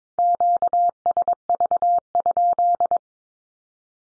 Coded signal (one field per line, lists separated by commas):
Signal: Morse code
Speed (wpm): 22 wpm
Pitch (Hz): 700 Hz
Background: none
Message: QSV?